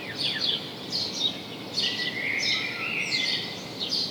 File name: Passer domesticus